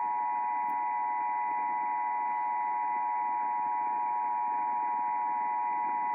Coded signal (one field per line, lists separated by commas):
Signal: Emergency Alert System (SAME) tones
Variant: 853 and 960 Hz attention tone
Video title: WHSQ REAWAKENS... EAS Tests from 11/6/24 (EAS #5,142 - 5,150)